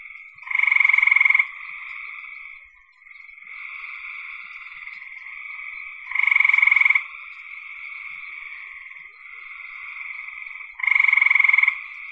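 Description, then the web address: Frog chorus with loud rattling pulsed trills repeated about every five seconds over softer ongoing calling. "cn frogs"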